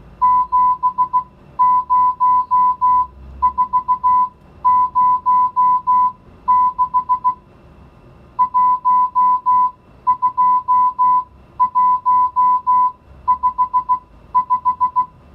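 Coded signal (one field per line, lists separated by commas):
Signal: Morse code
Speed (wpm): 16 wpm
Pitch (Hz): 1000 Hz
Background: music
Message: 70406 12155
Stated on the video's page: Morse receiving lesson with mixed digits 0-9 for listening and writing practice.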